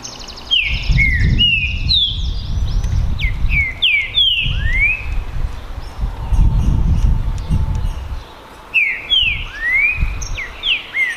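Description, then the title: Green-winged saltator delivering bursts of sliding whistled notes, several falling and some rising, separated by a pause, with rumbling low noise throughout. Two contest birds named Naval and Demolidor in a song contest, 2022 season; chirping, singing and displaying male dominance against each other. "Esse É PERFEITO Para ESQUENTAR Seu TRINCA Piando, Cantando E Macheando Na DISPUTA. ISSO SIM!! É UMA DISPUTA DE TRINCA FERRO PERFEITA!! NAVAL VS DEMOLIDOR 2022! TEMPORADA 2022!"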